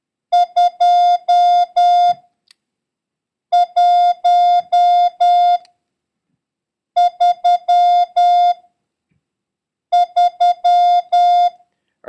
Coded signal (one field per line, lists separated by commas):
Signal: Morse code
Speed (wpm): 10 wpm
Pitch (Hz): 710 Hz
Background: music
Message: 2133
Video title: International Morse Code: Lesson 7